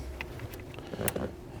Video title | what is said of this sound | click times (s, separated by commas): Volvo XC90 Fuel Pressure Sensor Replacement DIY (2016-Present Volvo XC90 SPA) | We hear that audible click for that bottom half of the line, and then we push in the top part. | 1.1 s